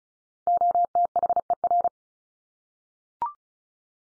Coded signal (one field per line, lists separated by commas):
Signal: Morse code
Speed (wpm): 34 wpm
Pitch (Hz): 700 Hz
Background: none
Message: OTHER